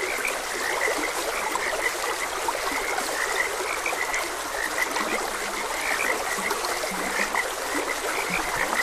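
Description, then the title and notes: Frogs croaking in a dense chorus of short chirpy notes, with a few deeper low croaks, over a steady rush of flowing water. Frogs croaking beside a gentle stream. "Gentle Stream and Frogs Croaking. Sleep and Relaxation Podcast"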